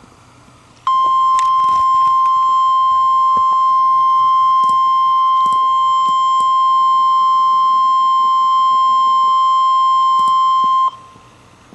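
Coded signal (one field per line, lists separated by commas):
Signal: Emergency Alert System (SAME) tones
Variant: 1050 Hz attention tone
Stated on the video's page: Severe Thunderstorm Warning from Little Rock, recorded from an online weather radio stream.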